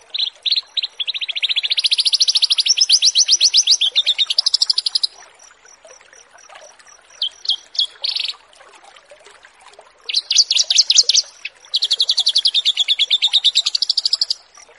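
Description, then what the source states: Horsfield's bush lark: long fast trills of evenly repeated buzzy notes, a short chirpy phrase, then another harsh burst and a long trill. Bird-keeping masteran tutoring recording of Branjangan song.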